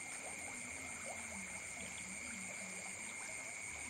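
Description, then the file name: Insects droning in a constant high ringing chorus, while short low croaking notes, possibly frogs, repeat underneath amid a faint watery hiss. Recorded at night in Ubud, with water sounds alongside the insects. "Bruits-deau-et-dinsectes-dans-la-nuit-d Ubud"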